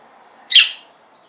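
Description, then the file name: House sparrow giving one loud, sharp, high chirp that fades quickly, with faint low background hum. "Passer domesticus"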